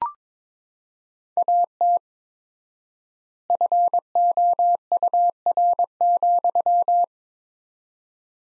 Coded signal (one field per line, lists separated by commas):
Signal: Morse code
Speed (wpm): 22 wpm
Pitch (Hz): 700 Hz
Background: none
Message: AT FOUR,